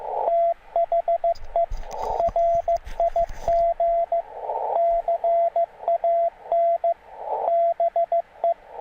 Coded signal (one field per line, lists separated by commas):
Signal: Morse code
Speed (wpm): 15 wpm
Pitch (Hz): 680 Hz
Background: radio noise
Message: THE RIG CAN BE